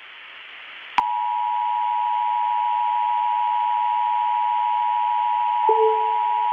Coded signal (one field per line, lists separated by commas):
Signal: Emergency Alert System (SAME) tones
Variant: 853 and 960 Hz attention tone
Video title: (EAS) alternates REMAKE￼